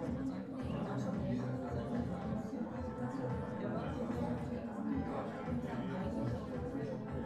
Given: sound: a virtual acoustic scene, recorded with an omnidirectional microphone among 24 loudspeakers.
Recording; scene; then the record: noise of the scene; pub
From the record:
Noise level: 74 dB SPL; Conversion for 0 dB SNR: 1.6 dB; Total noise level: 75.6 dB SPL